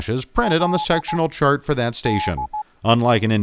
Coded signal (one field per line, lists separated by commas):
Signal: Morse code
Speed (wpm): 15 wpm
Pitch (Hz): 850 Hz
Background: speech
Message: L DE